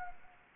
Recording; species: mosquito wingbeat signal from an infrared sensor; Anopheles arabiensis